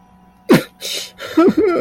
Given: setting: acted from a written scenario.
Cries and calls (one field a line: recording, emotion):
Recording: vocal sound without words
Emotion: sadness